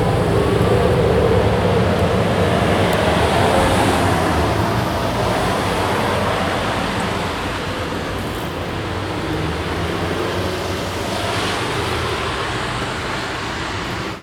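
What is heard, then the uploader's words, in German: A street sweeper runs close by with a steady, dense roar and brushing hiss, low rumble underneath, easing slightly in loudness after eight seconds. Das Kehrfahrzeug in Fürth II. Das Kehrfahrzeug von ist jetzt elektrisch und leise, auch wenn das Mikrophon ihm im Gegensatz zur Strasse sehr nahe stand.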